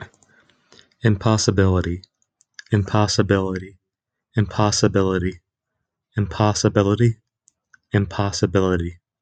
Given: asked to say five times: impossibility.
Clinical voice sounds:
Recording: repeated word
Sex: male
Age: 20 to 29 years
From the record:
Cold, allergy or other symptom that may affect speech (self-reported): no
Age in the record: 29 years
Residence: Florida, United States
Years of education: 18

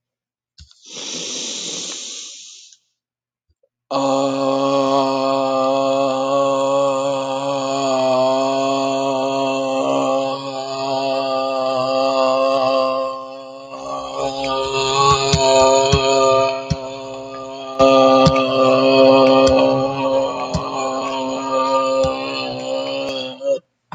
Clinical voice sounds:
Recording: vowel held as long as possible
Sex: male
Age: 30 to 39 years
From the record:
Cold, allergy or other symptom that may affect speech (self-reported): no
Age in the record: 39 years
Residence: West Virginia, United States

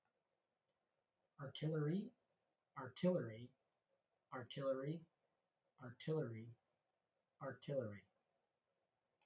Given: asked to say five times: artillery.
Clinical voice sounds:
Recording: repeated word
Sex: male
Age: 40 to 49 years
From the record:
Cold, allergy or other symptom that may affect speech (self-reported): no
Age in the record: 42 years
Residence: Illinois, United States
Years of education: 13

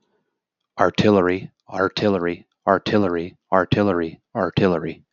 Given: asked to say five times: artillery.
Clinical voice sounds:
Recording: repeated word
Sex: male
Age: 40 to 49 years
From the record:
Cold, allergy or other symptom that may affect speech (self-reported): no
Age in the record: 47 years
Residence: Florida, United States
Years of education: 18

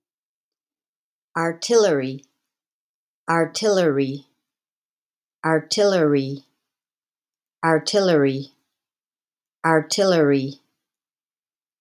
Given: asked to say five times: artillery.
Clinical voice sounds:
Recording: repeated word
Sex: female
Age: 60 to 69 years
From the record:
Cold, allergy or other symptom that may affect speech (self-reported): no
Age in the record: 66 years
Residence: Texas, United States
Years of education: 18

